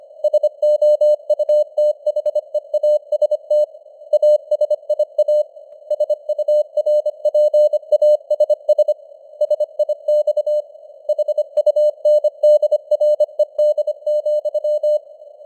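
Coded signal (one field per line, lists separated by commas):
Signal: Morse code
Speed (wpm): 25 wpm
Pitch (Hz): 600 Hz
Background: none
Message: SOUTHEAST ASIA SURPASS SIX HUNDRED,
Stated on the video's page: Morse news headlines at 25wpm with simulated radio noise and varying signal strength (QSB).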